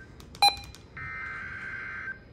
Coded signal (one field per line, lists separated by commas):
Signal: Emergency Alert System (SAME) tones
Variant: header bursts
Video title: Severe Thunderstorm Warning For my county again!! (EAS 65)